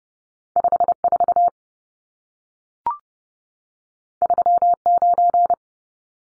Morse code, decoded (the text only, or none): 54 39